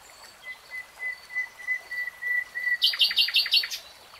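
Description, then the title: Nightingale singing: a soft whistled note repeated slowly several times, then a sudden burst of loud, rapid, chopped notes. Singing, in a 3-hour real-time recording. "[Tiếng chim hót] Nightingale Singing"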